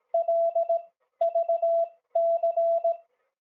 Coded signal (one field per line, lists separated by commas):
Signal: Morse code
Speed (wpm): 18 wpm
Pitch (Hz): 670 Hz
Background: none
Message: LVC